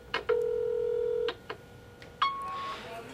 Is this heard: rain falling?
no